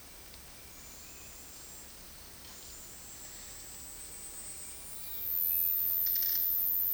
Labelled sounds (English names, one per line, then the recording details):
none
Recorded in dense forest near Puerto Asís, Putumayo, Colombia, on 19 February 2024 at 09:30
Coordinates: 0.481, -76.318
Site G6421